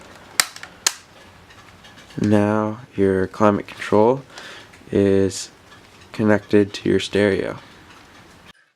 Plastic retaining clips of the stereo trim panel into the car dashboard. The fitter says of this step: there are two Clips one over here and then one here which pop into place now